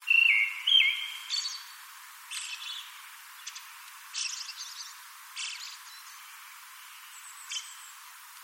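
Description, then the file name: Brown-headed thrush song: a clear whistled opening phrase with a wavering note, followed by several brief scratchy twittering bursts spaced about a second apart. "akahara"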